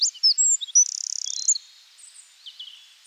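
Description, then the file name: Eurasian wren song fragment, a few high sharp notes leading into a fast, even buzzy trill lasting under a second, followed by faint high twittering. "Troglodytes troglodytes"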